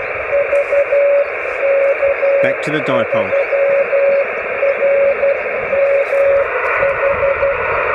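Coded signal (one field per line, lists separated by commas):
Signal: Morse code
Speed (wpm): 12 wpm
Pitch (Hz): 560 Hz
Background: speech, radio noise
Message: VK3RMH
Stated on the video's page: Amateur signal on 28 MHz, received on a crude vertical wire dipole with an added parasitic element forming a 2-element beam.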